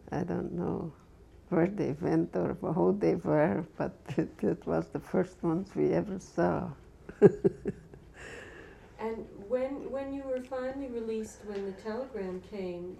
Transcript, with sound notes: I don't know where they went or who they were but it was the first ones we ever saw. (She laughs.)
And when, when you were finally released, when the telegram came,